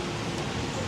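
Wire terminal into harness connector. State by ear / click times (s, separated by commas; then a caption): not seated / none. A purple repair wire terminal is being handled for a plastic harness connector cavity during a melted wiring harness repair on a Dodge Dakota 3.7 whose engine is disabled. Steady broadband noise with a faint low hum runs through the whole second, with no sudden sounds. Nothing has seated or clicked in yet.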